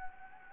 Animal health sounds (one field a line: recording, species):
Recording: mosquito wingbeat signal from an infrared sensor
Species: Anopheles gambiae